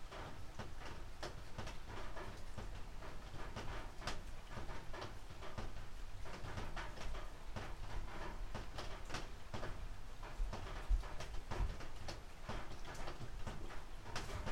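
A cold day of soft, steady rain. A dense hiss runs throughout with countless quick drip ticks scattered all across it, some sharper taps standing out now and then. A low rumble sits underneath the whole time, steady in level.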